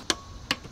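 A torque wrench set to 22 ft-lb tightens the middle bolt of a plastic intake manifold on a cast aluminum cylinder head. Two sharp clicks sound at 0.1 s and 0.5 s, with faint background hiss between them. The wrench clicks at its setting, and the bolt reaches 22 ft-lb.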